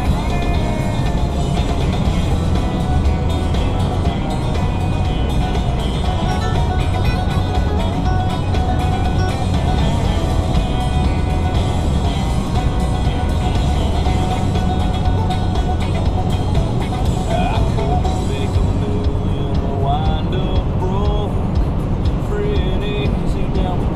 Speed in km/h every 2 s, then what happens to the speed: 142, 140, 140, 140, 138, 140, 140, 140, 142, 143, 145, 147.
0-14 steady at about 140. 14-24 speeds up to 147.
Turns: none.